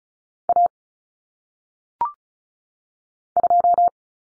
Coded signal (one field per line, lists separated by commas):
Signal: Morse code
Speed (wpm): 36 wpm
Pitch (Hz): 700 Hz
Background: none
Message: A 2